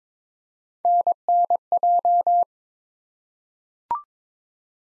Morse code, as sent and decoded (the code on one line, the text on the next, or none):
-. -. .---
NNJ